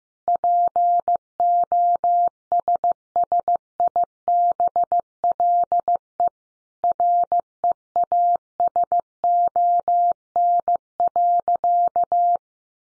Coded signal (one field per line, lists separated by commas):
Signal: Morse code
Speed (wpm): 15 wpm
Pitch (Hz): 700 Hz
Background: none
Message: POSSIBLE REASON.